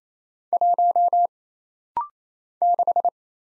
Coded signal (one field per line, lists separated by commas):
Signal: Morse code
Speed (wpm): 27 wpm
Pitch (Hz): 700 Hz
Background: none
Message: 1 6